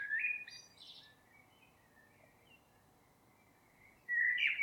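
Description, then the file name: Eurasian blackbird song fragments: a fluty warble fading out at the start, a long quiet pause, then a new loud whistled phrase beginning near the end. "Turdus merula"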